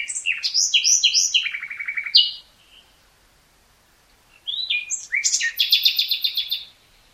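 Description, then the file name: Common nightingale singing two rich phrases of fast repeated chirps and descending trills, with a silent gap between them. "Luscinia megarhynchos"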